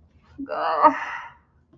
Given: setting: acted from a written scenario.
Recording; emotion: vocal sound without words; shame